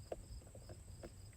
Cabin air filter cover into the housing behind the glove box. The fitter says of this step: and then it should really just push on and you'll hear it snap in place so a little gentle push and it will lock in place